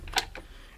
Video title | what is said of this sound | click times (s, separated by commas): iScooter i10 Max Review – The Ultimate E-Scooter Experience! | it's going to snap into place | 0.2 s